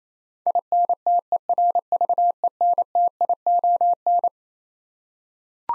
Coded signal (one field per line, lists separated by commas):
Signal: Morse code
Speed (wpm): 28 wpm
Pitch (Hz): 700 Hz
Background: none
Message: INTERVENTION